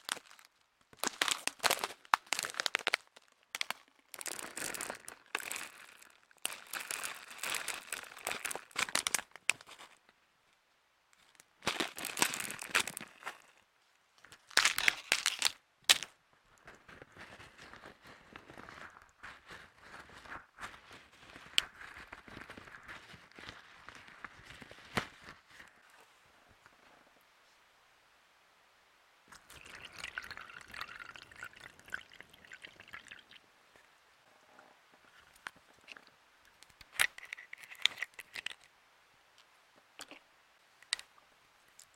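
Making DIY stress balls: dense, crackly crinkling and rustling comes in bursts through the first sixteen seconds. A softer, steady rustle follows until about 25 seconds, then a short quiet gap before scattered crinkling bursts return near 30, 37 and 41 seconds.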